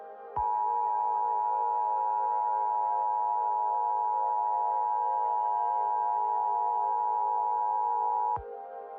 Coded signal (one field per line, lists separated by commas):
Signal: Emergency Alert System (SAME) tones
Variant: 853 and 960 Hz attention tone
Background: music